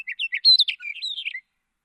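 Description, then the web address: Hume's wheatear: a single brisk phrase of many chirped and whistled notes that jump up and down in pitch, lasting under two seconds. "sound Hume's-wheatear. صدای-پرنده-چکچک-شکم-سفید"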